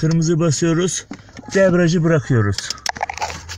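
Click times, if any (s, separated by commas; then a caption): 2.9 s. Someone talks while the cleaned cruise-control pedal switch sensor of a 2004 Vectra C1 Elegance is pressed into its tabbed seat on the pedal bracket and released. A sharp snap at 2.9 s is followed by a few quieter clicks through about 3.2 s, and the sensor is seated in its holder.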